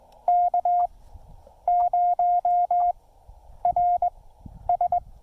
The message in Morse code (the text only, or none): K0RS